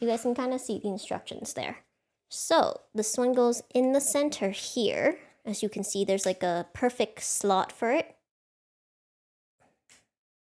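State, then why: Not seated. A plastic building block from a figure set is being placed into the center slot. Someone talks for most of the clip, then two faint brief sounds come near 9.6 and 9.9 seconds. Nothing has seated or clicked yet: the block does not click home and leaves gaps.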